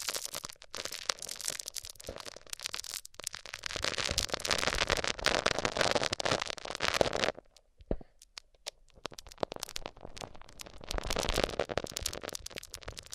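A microphone is rubbed over a surface, making dense scratchy crackling that swells and fades in long passes. The friction noise is thick and bright from the start to about seven seconds, drops to near silence with a few sharp ticks, then returns from around ten seconds.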